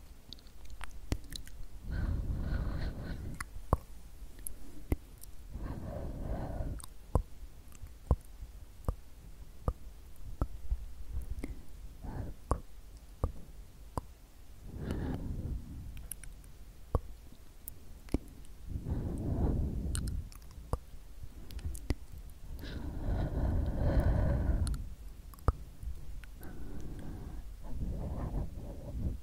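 Slow, soft "sksk" whispered mouth sounds drift in gentle swells, each lasting a second or two, with the strongest around 2, 6, 15, 19 and 24 seconds. Between them come quiet gaps broken by sharp little clicks and taps, over a low, steady rumble.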